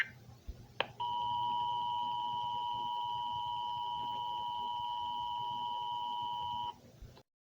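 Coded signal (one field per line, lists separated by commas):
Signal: Emergency Alert System (SAME) tones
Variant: 853 and 960 Hz attention tone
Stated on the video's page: Fictional EAS scenario, not a real alert.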